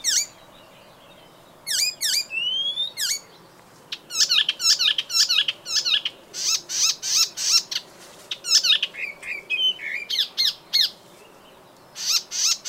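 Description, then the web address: Bird calling with sharp downslurred chirps and a rising whistle, then a long run of repeated high chirps and buzzy notes. "ornitologiya slovar Ptichki"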